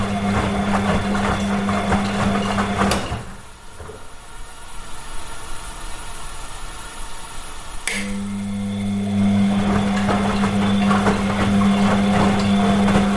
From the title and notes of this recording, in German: Diese Episode präsentiert die sanften Geräusche einer laufenden Waschmaschine. Sanfte Waschmaschinenklänge.